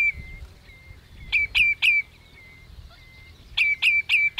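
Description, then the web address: Spotted redshank calling: two short bursts of three loud, sharp notes, separated by a quiet stretch with faint thin whistles and low rumble. "sound Spotted-Redshank. صدای-آبچلیک-خالدار"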